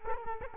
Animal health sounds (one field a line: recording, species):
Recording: mosquito wingbeat signal from an infrared sensor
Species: Culex quinquefasciatus